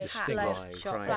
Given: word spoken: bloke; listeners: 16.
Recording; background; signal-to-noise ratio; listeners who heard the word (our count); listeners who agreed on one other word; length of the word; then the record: one English word in noise, from a listening test; four-talker babble; -2.9 dB; 0 of 16; 6 of 16; 0.78 s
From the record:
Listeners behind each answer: 6, 3, 3, 1, 1, 1, 1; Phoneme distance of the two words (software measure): 37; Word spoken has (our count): 1 syllable, 4 phonemes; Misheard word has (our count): 1 syllable, 3 phonemes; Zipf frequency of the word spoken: 4.44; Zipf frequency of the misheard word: 4.76